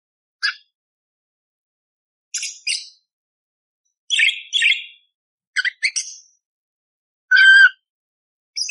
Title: Masteran Burung Parkit Gacor Jernih Durasi Panjang Full Isian Tembakan Kasar Cocok Buat Kacer